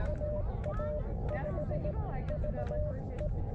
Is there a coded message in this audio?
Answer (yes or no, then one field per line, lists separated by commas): yes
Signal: Morse code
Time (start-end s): 0.1-3.3 s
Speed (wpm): 18 wpm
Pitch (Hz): 600 Hz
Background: speech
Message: AA5VE